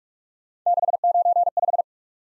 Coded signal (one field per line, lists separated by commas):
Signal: Morse code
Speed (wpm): 44 wpm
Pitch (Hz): 700 Hz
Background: none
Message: 695